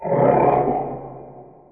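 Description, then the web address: Bear roar: one deep, loud, rasping growl that swells at once, holds briefly, then fades away over under two seconds. "EARTH"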